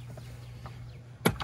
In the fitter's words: Pinch these closed, you'll hear it pop.